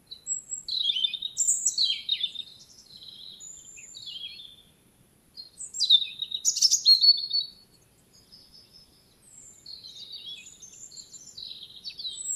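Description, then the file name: European robin song: high, thin warbling phrases with trills and squeaky notes, in bursts separated by quieter pauses; no other clear sounds. "Erithacus rubecula"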